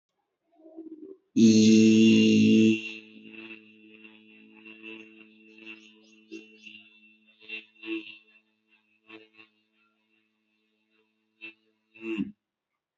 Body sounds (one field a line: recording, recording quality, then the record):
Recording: sustained vowel as in beet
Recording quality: excellent, no background noise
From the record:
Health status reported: respiratory illness, not identified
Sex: male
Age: 21 years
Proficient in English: yes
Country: India